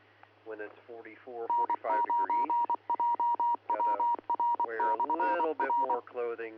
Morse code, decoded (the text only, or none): N9JWR/R